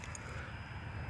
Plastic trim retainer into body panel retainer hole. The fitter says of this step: other than that this actually just snaps in there see